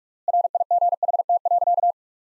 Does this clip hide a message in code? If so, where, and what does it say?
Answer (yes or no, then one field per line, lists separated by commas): yes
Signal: Morse code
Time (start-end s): 0.3-1.9 s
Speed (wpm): 46 wpm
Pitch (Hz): 700 Hz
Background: none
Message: RIGHT.